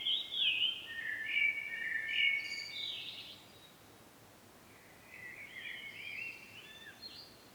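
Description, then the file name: Common blackbird song: a loud, varied warbled phrase with high twittery notes, a quiet gap, then a softer second phrase. "Turdus merula"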